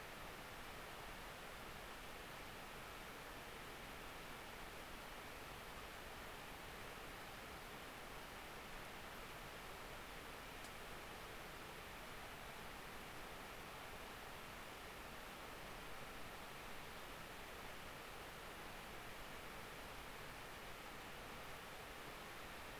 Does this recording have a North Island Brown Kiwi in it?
no